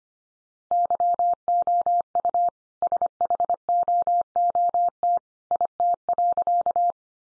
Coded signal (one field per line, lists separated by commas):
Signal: Morse code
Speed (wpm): 25 wpm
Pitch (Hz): 700 Hz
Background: none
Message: YOU SHOOT IT.